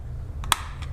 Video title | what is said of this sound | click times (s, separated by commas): FIAT 500 DOOR HANDLE RELEASE CABLE REPLACEMENT REMOVAL | So we get the new release cable, we push it in, you hear a click. | 0.5 s